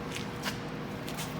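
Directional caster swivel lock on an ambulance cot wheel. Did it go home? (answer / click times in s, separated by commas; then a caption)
no / none. A directional caster swivel lock on a wheel at the head end of an ambulance cot is handled, giving soft shuffling and rubbing noises with brief scuffs near 0.2 s and 1.1 s. Nothing has seated or clicked yet; the clip ends before the lock engages.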